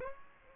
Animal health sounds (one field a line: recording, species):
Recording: mosquito wingbeat signal from an infrared sensor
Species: Aedes aegypti